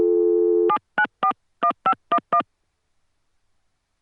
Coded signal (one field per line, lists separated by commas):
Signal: DTMF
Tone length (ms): 80 ms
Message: 7941511